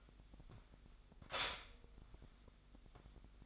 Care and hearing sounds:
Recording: daily activity, microphone in the room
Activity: stop toaster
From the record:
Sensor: 5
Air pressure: 1002.0 hPa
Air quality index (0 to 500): 202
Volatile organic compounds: 18 ppm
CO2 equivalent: 2608 ppm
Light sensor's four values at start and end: 34/110/42/45 and 35/110/42/45

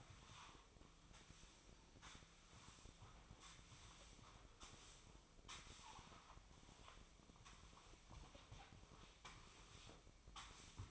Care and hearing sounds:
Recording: daily activity, microphone in the room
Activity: sweep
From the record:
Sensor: 1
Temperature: 24.4 degrees Celsius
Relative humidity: 39.3%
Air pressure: 1003.1 hPa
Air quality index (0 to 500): 197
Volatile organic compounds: 6 ppm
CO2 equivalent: 1887 ppm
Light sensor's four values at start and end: 13/33/13/16 and 12/29/13/15

